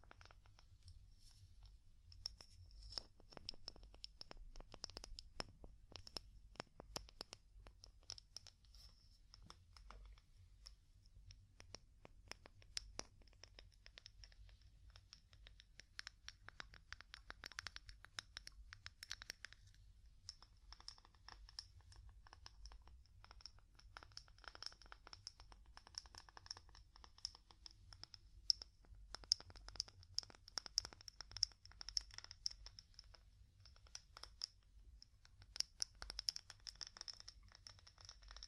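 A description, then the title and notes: Wood tapping runs for the whole 38 seconds as dense, irregular clicks and light knocks, some sharper and louder than others, with scratchy touches between them. A faint steady high whine and a soft low rumble sit underneath throughout. ASMR Calming Wood Tapping (No Talking).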